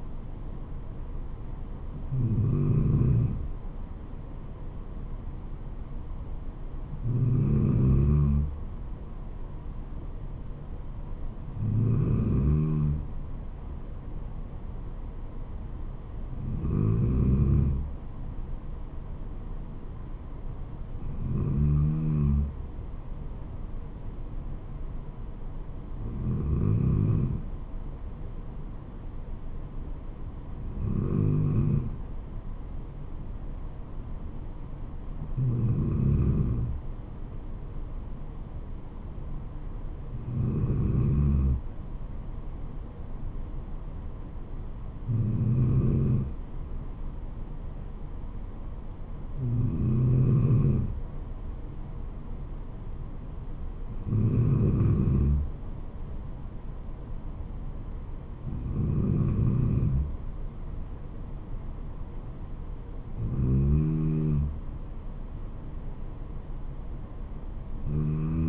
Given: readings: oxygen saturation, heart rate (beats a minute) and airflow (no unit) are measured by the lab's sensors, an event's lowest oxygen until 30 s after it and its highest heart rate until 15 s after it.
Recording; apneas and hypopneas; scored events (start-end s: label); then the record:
breathing in sleep by a smartphone at the bedside; none
none scored
From the record:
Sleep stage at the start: N2 (light sleep); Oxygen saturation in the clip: 93%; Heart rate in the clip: 69 to 75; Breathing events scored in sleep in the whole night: 426 in 7.4 hours asleep